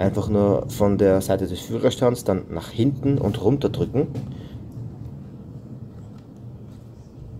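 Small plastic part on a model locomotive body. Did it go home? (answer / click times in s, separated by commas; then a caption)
no / none. Someone talks while handling a small plastic part on a Roco ÖBB 1110 505 model railway locomotive body, pushing it back and down by hand. Speech fills the first four and a half seconds, then fades to quiet background noise. Nothing has seated or clicked yet.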